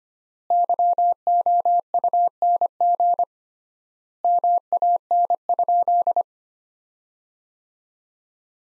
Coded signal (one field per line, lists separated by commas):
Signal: Morse code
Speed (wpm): 25 wpm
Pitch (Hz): 700 Hz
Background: none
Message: YOUNG MAN?